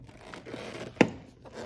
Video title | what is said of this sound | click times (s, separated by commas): Mercedes Benz e55 AMG w211 Side Mirror Rubber Gasket Replacement | There we go, you can hear it click, | 1.0 s